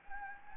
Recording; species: mosquito wingbeat signal from an infrared sensor; Anopheles gambiae